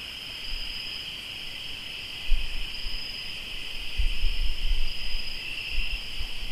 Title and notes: Sonidos de grillos en Tlayacapan - Morelos